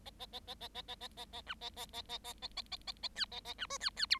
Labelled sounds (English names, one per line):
Bengalese Finch song